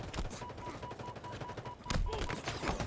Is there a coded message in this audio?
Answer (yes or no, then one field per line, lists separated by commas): no